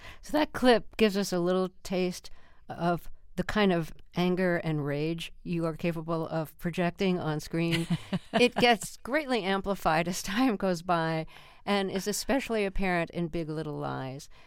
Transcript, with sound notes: So that clip gives us a little taste of the kind of anger and rage you are capable of projecting on screen.
(Laughter).
It gets greatly amplified as time goes by and is especially apparent in "Big Little Lies."